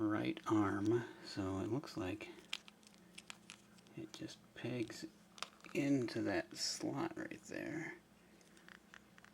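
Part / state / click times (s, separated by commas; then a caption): action figure arm into torso peg slot / not seated / none. Someone talks while handling an action figure's plastic right arm, lining its peg up with the slot on the torso, with small taps of handling around 2.5–3.5 s and near 8.7–9.0 s. Nothing has seated or clicked yet; the arm is not yet home in the torso slot when the clip ends.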